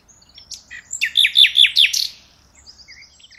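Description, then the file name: Common nightingale song: a strong series of four or five ringing, downward-slurred notes repeated quickly, framed by softer high chirps and thin whistles. "Luscinia megarhynchos"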